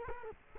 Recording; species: mosquito wingbeat signal from an infrared sensor; Culex quinquefasciatus